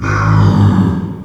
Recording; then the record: squeal of a Yucatan mini pig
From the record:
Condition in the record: after surgery on the right vocal fold (resection and tissue-engineered implant); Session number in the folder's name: 15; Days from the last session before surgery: 175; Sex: female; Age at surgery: 19 weeks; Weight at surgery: 25 kg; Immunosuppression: prednisolone